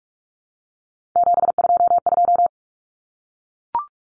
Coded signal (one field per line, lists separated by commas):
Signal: Morse code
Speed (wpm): 44 wpm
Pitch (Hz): 700 Hz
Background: none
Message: 722